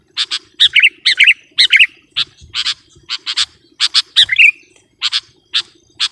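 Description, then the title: Sooty-headed bulbul giving rapid harsh, buzzy chirps in pairs and clusters, mixed with a few short falling whistled notes, over a low steady hum. "kutilang"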